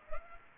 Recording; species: mosquito wingbeat signal from an infrared sensor; Culex pipiens